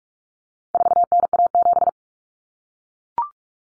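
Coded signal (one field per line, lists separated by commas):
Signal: Morse code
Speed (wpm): 44 wpm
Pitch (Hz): 700 Hz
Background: none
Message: 4NA7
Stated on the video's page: Common four-digit cut numbers drill at 45 wpm, swapping T, A, N for 0, 1, 9; each sent in Morse, spoken, then sent again.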